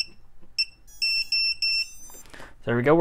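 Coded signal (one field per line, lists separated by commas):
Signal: none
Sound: radio receiver binding beeps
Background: speech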